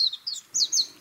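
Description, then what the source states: Warbling white-eye giving short high slurred chirps separated by brief gaps. Recorded on the Senami coast, Niigata Prefecture, Japan.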